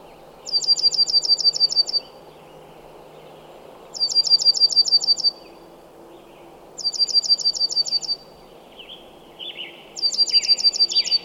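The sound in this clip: Bird repeating a short, high, rattling trill about every three seconds, four bursts in all, with some lower chirps near the end.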